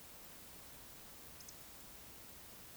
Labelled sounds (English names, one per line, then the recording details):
Eurasian Woodcock whistle
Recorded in Baden-Württemberg, Germany, on 11 June 2021 at 20:24 UTC
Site 24606, 635 m above sea level